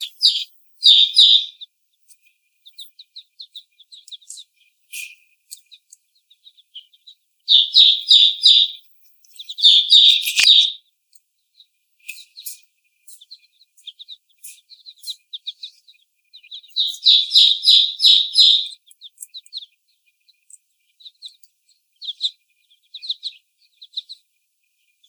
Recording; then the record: young laying hens in a cage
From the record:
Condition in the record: before the stressor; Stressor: sudden umbrella opening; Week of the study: 1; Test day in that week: 1